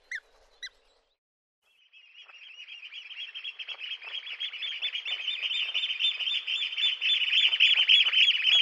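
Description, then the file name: Eurasian oystercatcher giving two sharp calls, then after a pause a fast, shrill piping trill that swells steadily louder and continues to the end. "scholekster"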